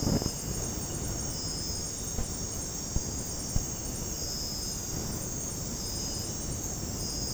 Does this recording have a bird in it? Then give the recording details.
no. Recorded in dense forest near Puerto Asís, Putumayo, Colombia, on 20 February 2024 at 03:00. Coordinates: 0.486, -76.316. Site G6437